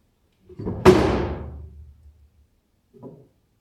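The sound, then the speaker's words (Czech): A chair topples and crashes onto the floor with one loud, sharp wooden bang, preceded by a brief scrape and followed by a ringing rattle that fades, then a softer knock, in a stage performance of Devět křížů at MD Brno. “Zvedni tu židli.”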